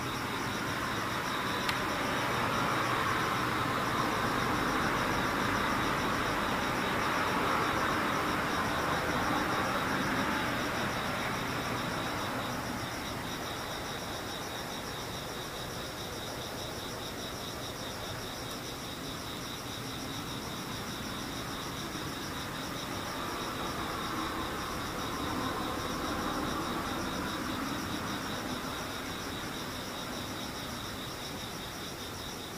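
Insects chirr in steady high bands throughout, over a continuous low traffic rumble that swells in the first ten seconds and again near twenty-five.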